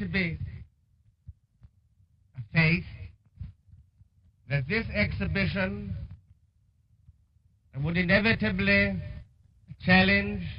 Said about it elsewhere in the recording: His first speech in front of his father was at Wembley and is much more markedly stammered.